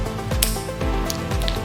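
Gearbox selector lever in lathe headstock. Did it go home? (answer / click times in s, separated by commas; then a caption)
yes / 0.4 s. A metal gearbox speed lever in a lathe headstock is shifted into position L to match the 550 rpm setting, with a steady tonal hum underneath. It clicks into position at 0.4 s, followed by lighter clicks and taps, and the lever is seated.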